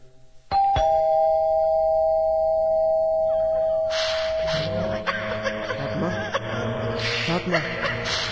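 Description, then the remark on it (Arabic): A doorbell rings with a sharp electronic chime, its steady tone ringing on for several seconds as muffled voices and movement build up underneath. “ندق الجرس.”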